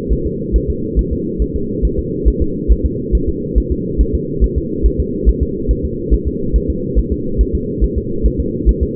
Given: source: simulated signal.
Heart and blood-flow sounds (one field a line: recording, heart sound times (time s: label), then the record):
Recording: fetal heart sounds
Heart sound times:
0.13 s: S1
0.27 s: S2
0.56 s: S1
0.70 s: S2
0.99 s: S1
1.13 s: S2
1.42 s: S1
1.56 s: S2
1.85 s: S1
1.99 s: S2
2.28 s: S1
2.42 s: S2
2.72 s: S1
2.86 s: S2
3.15 s: S1
3.29 s: S2
3.58 s: S1
3.72 s: S2
4.01 s: S1
4.15 s: S2
4.44 s: S1
4.58 s: S2
4.86 s: S1
5.00 s: S2
5.29 s: S1
5.43 s: S2
5.71 s: S1
5.85 s: S2
6.14 s: S1
6.28 s: S2
6.56 s: S1
6.70 s: S2
6.98 s: S1
7.12 s: S2
7.41 s: S1
7.55 s: S2
7.84 s: S1
7.98 s: S2
8.26 s: S1
8.40 s: S2
8.69 s: S1
8.83 s: S2
From the record:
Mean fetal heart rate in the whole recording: 140 bpm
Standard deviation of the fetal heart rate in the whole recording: 2 bpm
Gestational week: 34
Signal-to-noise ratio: -6.6 dB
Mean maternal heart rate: 72 bpm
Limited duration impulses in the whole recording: present